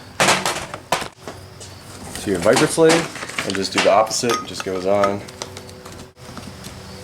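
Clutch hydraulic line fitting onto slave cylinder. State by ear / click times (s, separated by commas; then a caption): not seated / none. Someone talks while a clutch hydraulic line quick-connect fitting, taken off the stock slave cylinder by turning it left, is handled and brought to the upgraded Viper slave cylinder to be pushed on. Light metallic handling taps are heard, and nothing has seated or clicked yet.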